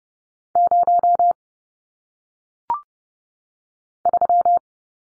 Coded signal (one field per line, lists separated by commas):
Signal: Morse code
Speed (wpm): 30 wpm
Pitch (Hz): 700 Hz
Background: none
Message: 0 3